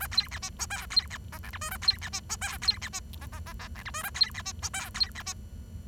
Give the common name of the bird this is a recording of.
Bengalese Finch